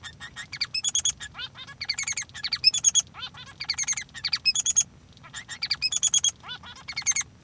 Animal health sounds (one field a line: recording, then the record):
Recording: song of a male Bengalese finch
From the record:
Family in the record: son of father 3